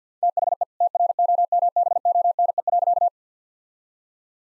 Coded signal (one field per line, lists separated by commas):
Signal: Morse code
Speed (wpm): 50 wpm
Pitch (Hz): 700 Hz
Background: none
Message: THE TROMBONE.